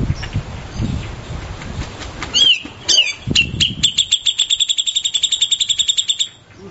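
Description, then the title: Grey-cheeked bulbul: a few swept, slurred notes, then a long run of rapid, high, ticking chirps that stops abruptly. "Cucak Jenggot"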